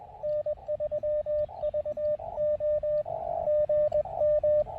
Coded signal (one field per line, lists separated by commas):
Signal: Morse code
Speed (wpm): 21 wpm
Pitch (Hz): 590 Hz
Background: radio noise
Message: N3VO GM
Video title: POTA at Yatesville Lake SP: Breaking up a seven hour road trip with some QRP field radio fun!